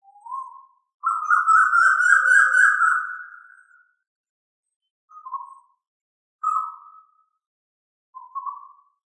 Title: manok ostrali